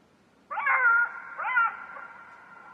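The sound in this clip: Jackal call: two harmonic notes, the first longer, trailing off into a faint fading tail.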